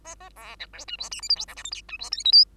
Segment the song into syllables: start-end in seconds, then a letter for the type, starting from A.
0.04-0.15 A, 0.20-0.29 A, 0.36-0.56 B, 0.59-0.67 C, 0.73-0.85 D, 0.88-0.97 E, 0.98-1.10 F, 1.11-1.21 G, 1.22-1.29 H, 1.29-1.35 I, 1.35-1.46 J, 1.48-1.55 K, 1.56-1.63 L, 1.64-1.71 M, 1.71-1.81 N, 1.88-1.97 E, 1.99-2.10 F, 2.11-2.24 O, 2.25-2.32 P, 2.32-2.44 Q